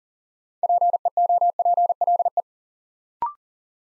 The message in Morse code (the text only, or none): PEOPLE